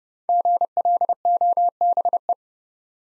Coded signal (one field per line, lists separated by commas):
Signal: Morse code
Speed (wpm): 30 wpm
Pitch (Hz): 700 Hz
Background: none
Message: GLOBE